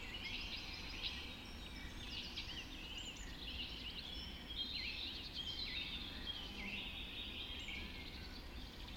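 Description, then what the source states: Several songbirds in a dawn chorus, busy warbling and chirping phrases overlapping without pause above a soft low background rumble. Dawn chorus recorded just after dawn in the Forest of Dean.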